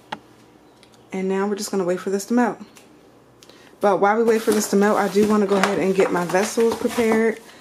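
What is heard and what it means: The lid of a ToAuto wax melter pot is twisted to lock it in place, giving a single sharp tick at 0.1 s that shows it has locked. Someone then talks.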